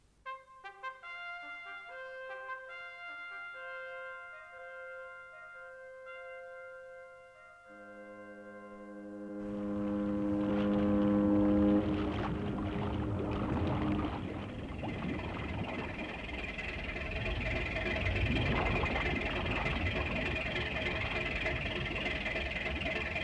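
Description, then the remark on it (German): A boat motor catches after several seconds of steady tonal humming, then roars into a loud, rough, continuous drone that keeps running without pause to the end. “Wenn ihr auf mich gewartet habt, dann hättet ihr auch so lange warten können, dass ich den Motor anlasse.”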